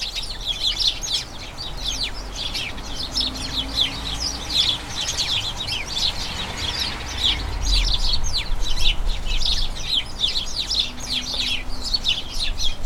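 A flock of house sparrows chatters without pause, dozens of quick, bright chirps overlapping so densely that they form a continuous bubbling mass. The chatter stays high and lively throughout, with a faint low hum running underneath.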